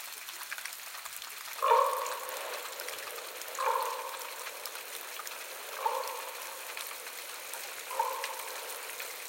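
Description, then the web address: Raven giving four hoarse, croaking calls, each about half a second long and spaced roughly two seconds apart, over a steady crackling background hiss. "WSPDatabase Analysis DVD Raven Raven"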